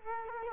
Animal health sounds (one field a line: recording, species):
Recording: mosquito wingbeat signal from an infrared sensor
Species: Culex quinquefasciatus